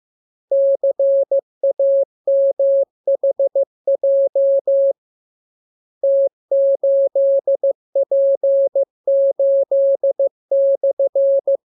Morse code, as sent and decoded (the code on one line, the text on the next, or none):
-.-. .- -- .... .--- / - ---.. .--. ---.. -..-.
CAMHJ T8P8/